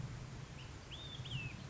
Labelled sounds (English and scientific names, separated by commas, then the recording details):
Olive-sided Flycatcher (Contopus cooperi)
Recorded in Sonoma County, California